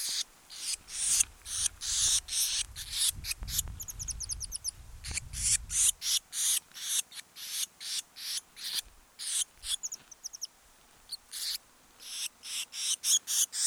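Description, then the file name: Eurasian blue tit churring steadily in rapid, rasping bursts, with a short buzzy trill early on and a low rumble in the first half. "Cyanistes caeruleus"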